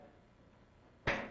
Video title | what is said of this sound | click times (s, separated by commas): Ford Tractor 9N, 2N, and 8N Repair Video | there and it snaps in then you give it a wiggle make sure that it's tight and look in there | 1.1 s